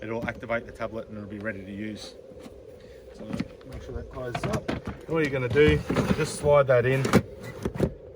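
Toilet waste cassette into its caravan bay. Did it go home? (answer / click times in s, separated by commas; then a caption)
yes / 7.7 s. Someone talks while a Tanami Hybrid caravan's toilet waste cassette, emptied and refilled with a little water, is slid back into its bay. A single sharp click at 7.7 s marks the cassette locking into place.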